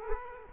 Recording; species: mosquito wingbeat signal from an infrared sensor; Culex quinquefasciatus